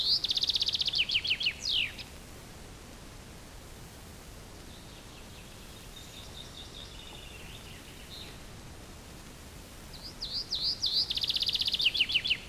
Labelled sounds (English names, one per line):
Common Chaffinch song